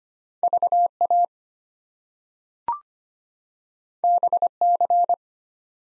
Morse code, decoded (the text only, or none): VA BC